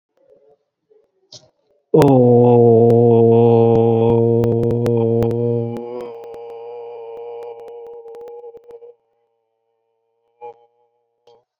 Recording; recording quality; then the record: sustained vowel as in boot; excellent, no background noise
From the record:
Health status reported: COVID-19 positive, mild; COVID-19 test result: positive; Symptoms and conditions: breathing difficulty, fever, loss of smell and taste, diabetes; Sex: male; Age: 42 years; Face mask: not worn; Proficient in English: yes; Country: India